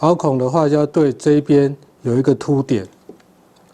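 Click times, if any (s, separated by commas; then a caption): none. Someone talks while a square plastic faceplate is lined up with its notch over the bump on a Panasonic wall switch frame, ready to be clipped back on. After the speech, two faint ticks come at about 3.1 and 3.2 s. Nothing has seated or clicked yet.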